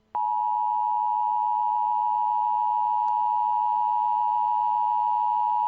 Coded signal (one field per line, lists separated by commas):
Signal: Emergency Alert System (SAME) tones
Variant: 853 and 960 Hz attention tone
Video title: EAS ||| Tornado Warning